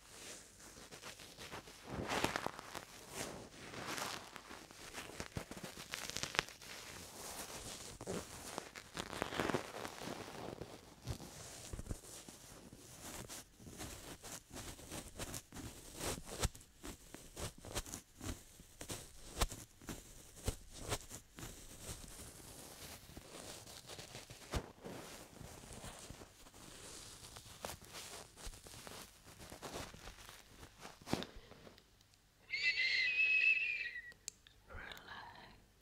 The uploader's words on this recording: ASMR Ear Lotion Ear Cleaning Ear Cupping Ear Massage (3Dio).